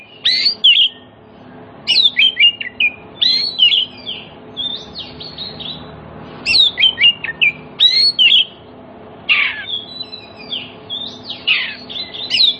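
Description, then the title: Oriental magpie-robin singing rich whistled phrases mixed with scratchy notes in repeated bursts, some rising and falling slurs; low background hum. Kacer song played as a lure so that other magpie-robins answer and sing well within about five minutes, meant for birds that have stopped singing. "Cukup Hitungan Menit Kacer Lain Bisa Bunyi. CUKUP 5 Menit Kacer LAIN NYAUT JADI GACOR, PANCINGAN KACER MACET BUNYI"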